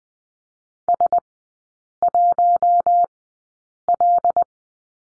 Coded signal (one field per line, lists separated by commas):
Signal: Morse code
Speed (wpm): 20 wpm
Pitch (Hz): 700 Hz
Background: none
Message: S1L